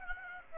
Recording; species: mosquito wingbeat signal from an infrared sensor; Aedes aegypti